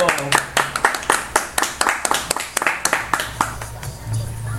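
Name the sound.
applause and clapping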